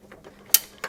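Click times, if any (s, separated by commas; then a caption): 0.5 s. A plastic retaining clip is pushed onto a replacement PCV pipe assembly on a 2011–2021 GM Ecotec 1.4L turbocharged engine in a Chevy or Buick. Faint scraping precedes a sharp, bright snap at 0.6 s, followed by a softer secondary tick near 0.8 s. The clip is seated.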